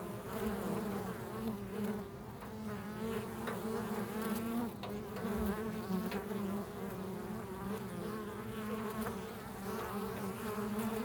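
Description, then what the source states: Bees drone in a steady, humming buzz. Several bees recorded in a field.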